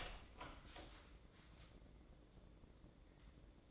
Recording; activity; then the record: daily activity, microphone in the room; open door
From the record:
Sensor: 3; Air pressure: 1012.3 hPa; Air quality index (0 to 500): 180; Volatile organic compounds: 3 ppm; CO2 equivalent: 1377 ppm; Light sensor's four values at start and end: 636/1584/657/681 and 634/1578/655/678